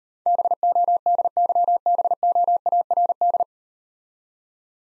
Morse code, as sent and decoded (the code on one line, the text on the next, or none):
-... --- -.. -.-- -... --- .- .-. -..
BODYBOARD